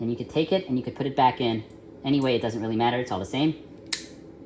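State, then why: Seated. Someone talks while the plastic center restrictor gate of an arcade joystick, rotated to the diamond (four-way) orientation, is put back into the stick base. A sharp click at 3.9 seconds marks the gate snapping back into place, seated.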